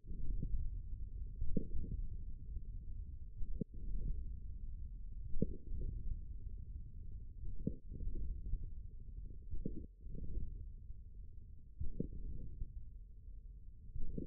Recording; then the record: forearm muscle sounds (acoustic myography)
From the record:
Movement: hand closing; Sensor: system 1, eight BSWA MPA416 microphones around the upper forearm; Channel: 7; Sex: male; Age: 41 years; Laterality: right